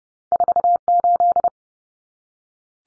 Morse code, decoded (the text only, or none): 48